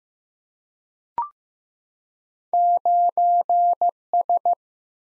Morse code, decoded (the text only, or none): 9S